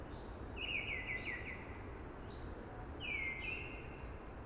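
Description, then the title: Eurasian blackbird song: two clear descending phrases of stepped notes, with a soft hiss behind. Sung early, among conifers with a hushing sound. "Early Blackbird Sings Amongst Hushing Conifers"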